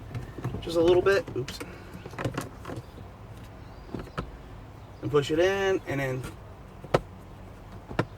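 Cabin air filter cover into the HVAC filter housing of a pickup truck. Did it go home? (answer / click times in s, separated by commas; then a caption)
yes / 6.9 s, 8.0 s. Someone talks while pushing the plastic cabin air filter cover, holding a new filter, up into the HVAC filter housing behind the glovebox of a 2014-to-present Chevy/GMC pickup. Two sharp clicks come at 7.0 s and 8.0 s, and either could be the one that seats the cover. The cover seats and the new cabin air filter is installed.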